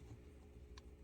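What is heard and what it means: A fingernail presses a microSD memory card into the spring-loaded push-push slot of a Rexing V2 Pro AI dashcam to release it. A short, sharp click sounds at 0.8 s over a low, steady hum. The card pops partly out of the slot so it can be pulled free.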